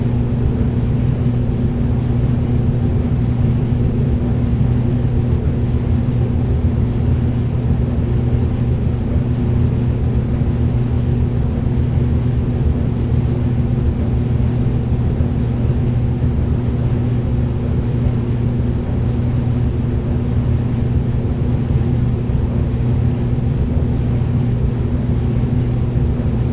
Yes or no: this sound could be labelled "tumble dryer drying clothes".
yes